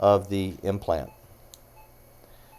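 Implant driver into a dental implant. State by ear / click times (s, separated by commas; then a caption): seated / 1.5 s. Someone talks for about the first second, then an internal driver is engaged into a Zimmer Hex-Lock Contour one-piece dental implant, packaged like the standard tapered screw vent implant, with the driver's flat side lined up with the labial contour. A single sharp click at 1.5 s marks the driver snapping into place, and it is seated.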